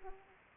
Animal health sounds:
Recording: mosquito wingbeat signal from an infrared sensor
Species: Anopheles arabiensis

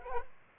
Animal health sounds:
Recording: mosquito wingbeat signal from an infrared sensor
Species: Culex quinquefasciatus

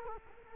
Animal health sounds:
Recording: mosquito wingbeat signal from an infrared sensor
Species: Culex quinquefasciatus

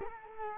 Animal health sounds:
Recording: mosquito wingbeat signal from an infrared sensor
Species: Culex quinquefasciatus

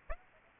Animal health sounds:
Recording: mosquito wingbeat signal from an infrared sensor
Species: Aedes aegypti

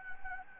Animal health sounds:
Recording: mosquito wingbeat signal from an infrared sensor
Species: Anopheles gambiae

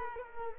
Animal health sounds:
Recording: mosquito wingbeat signal from an infrared sensor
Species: Culex pipiens

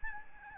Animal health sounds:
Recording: mosquito wingbeat signal from an infrared sensor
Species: Aedes albopictus

